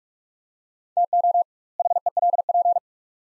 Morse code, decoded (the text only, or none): TO HELP